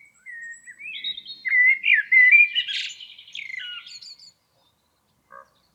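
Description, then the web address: Blackbird giving one long, rambling fluty warble that turns into rapid squeaky twittering near its end, followed by a short faint note. "Environmental chamber testing blackbird"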